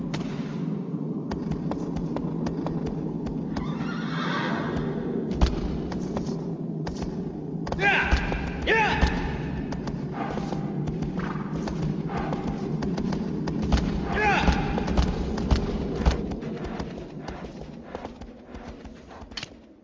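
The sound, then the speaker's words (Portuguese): Horse hoofbeats from a video game, as the player rides across a huge field searching for a colossus, clip-clop in a steady, uneven rhythm of sharp knocks over a continuous low rumble, moderately loud throughout. “Você só ouve as batidas só dos passos, do né? cavalo, exatamente.”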